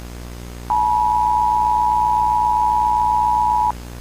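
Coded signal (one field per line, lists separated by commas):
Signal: Emergency Alert System (SAME) tones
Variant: 853 and 960 Hz attention tone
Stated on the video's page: Mock EAS with valid EAS tones.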